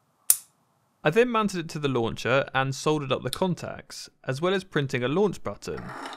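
A redesigned 3D-printed switch with its spring underneath is cocked, and its printed flexible-hinge latch catches with a short sharp snap at 0.3 s, holding the spring-loaded switch arm open. The latch seats and holds, and after a pause someone talks.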